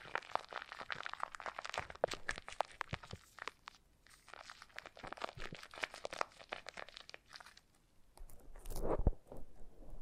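Foam being massaged and squeezed, giving a dense run of crackly, crunching squeaks and crinkles that fill most of the ten seconds. The texture is bright and gritty, thinning to quieter patches near the fourth and eighth seconds before a louder, fuller squeeze near the end.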